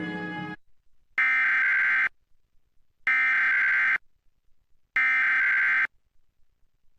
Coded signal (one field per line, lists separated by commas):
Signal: Emergency Alert System (SAME) tones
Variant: header bursts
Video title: Kern and LA’s Halloween Spirit! (Monthly EAS Tests from 10/31/23) (EAS #1,212-1,223)